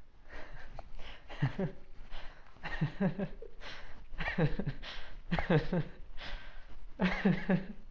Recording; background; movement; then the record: laughter; quiet; walking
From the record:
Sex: male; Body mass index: 20.5 kg/m2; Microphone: on the chest, facing outward